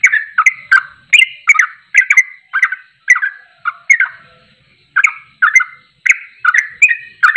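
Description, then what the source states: Yellow-vented bulbul song of bubbling whistled phrases, loud and quick, with one clear gap midway before the notes pick up again. Champion (juara) bird singing in tembakan style, used for masteran training.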